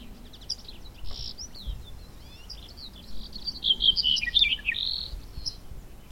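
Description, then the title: Black-headed bunting singing a jumbled phrase of bright twittering notes, loudest in the second half, over constant low rumbling background noise. "bigeye zigolo capinero"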